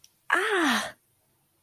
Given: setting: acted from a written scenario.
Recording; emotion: vocal sound without words; distress